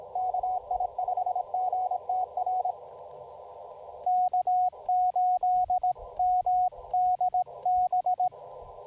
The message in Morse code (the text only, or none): KI5GTR K8 M D B